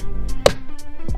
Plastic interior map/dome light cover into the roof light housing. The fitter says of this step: make sure it clicks